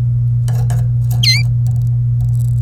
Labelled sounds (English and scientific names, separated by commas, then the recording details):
Domestic Canary (Serinus canaria) song
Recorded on 26 April 2018 at 16:08
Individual llb3